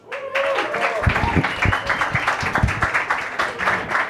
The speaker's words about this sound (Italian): Signori e signori, un grande applauso per